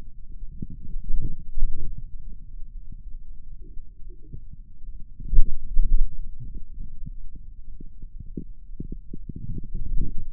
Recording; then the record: forearm muscle sounds (acoustic myography)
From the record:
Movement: radial deviation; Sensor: system 2, bracelet of six BSWA MPA416 microphones around the upper forearm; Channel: 6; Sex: male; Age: 22 years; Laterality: right